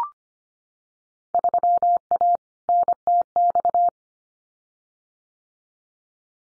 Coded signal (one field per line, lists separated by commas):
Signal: Morse code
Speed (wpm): 25 wpm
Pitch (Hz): 700 Hz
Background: none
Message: 3A NTX